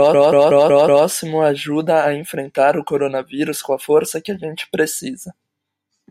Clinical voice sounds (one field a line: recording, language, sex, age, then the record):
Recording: spoken sentence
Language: Brazilian Portuguese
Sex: male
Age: 20 to 29 years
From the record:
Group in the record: control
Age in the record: 20 years